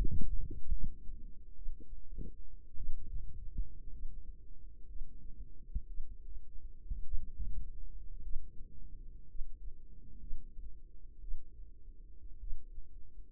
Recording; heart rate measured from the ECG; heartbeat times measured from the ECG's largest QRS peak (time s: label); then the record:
heart sounds by microphone in the right ear; 56 bpm
0.70 s: heartbeat
1.54 s: heartbeat
2.75 s: heartbeat
3.90 s: heartbeat
4.87 s: heartbeat
5.86 s: heartbeat
7.03 s: heartbeat
8.21 s: heartbeat
9.26 s: heartbeat
10.19 s: heartbeat
11.19 s: heartbeat
12.38 s: heartbeat
From the record:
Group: healthy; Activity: rest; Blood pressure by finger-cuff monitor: 99/64 mmHg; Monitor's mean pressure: 76 mmHg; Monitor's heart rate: 60 bpm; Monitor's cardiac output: 4.5 L/min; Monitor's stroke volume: 78 mL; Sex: female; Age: 36 years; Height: 163 cm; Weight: 88 kg